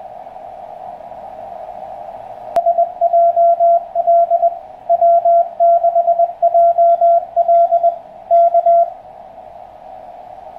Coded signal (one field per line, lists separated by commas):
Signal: Morse code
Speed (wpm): 21 wpm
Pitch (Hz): 690 Hz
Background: radio noise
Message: SJD W6JL K